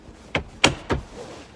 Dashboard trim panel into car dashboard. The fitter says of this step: get that fully in them snaps in we're all good make sure it's all locked into place